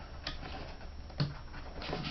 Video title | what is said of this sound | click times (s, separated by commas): assembling a crossbow pistol | they snap right into place like that | 0.3 s, 1.2 s